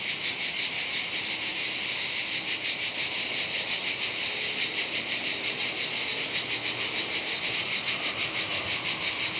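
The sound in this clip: Cicadas making a loud, steady, hissing drone, faintly pulsing several times a second throughout without a break.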